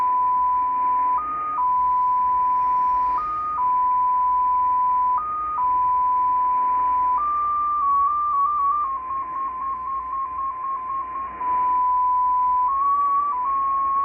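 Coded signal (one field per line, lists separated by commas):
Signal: numbers station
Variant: XPA2 polytone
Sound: a single steady tone hopping between slightly different pitches in short steps, over static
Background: radio static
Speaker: so not a lot of info once again uh this is short I've heard much longer messages so it seems that today there's nothing for the spies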